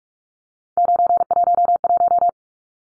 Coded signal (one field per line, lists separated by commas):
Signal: Morse code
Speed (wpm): 44 wpm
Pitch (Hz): 700 Hz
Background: none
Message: 911